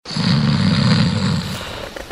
Snoring.